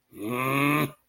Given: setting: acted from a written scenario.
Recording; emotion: vocal sound without words; anger